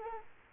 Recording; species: mosquito wingbeat signal from an infrared sensor; Culex quinquefasciatus